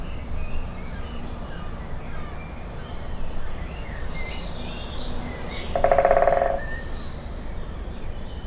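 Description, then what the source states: Woodpecker drumming, a single rapid burst of taps late, with scattered songbird notes and chirps around it. Binaural recording.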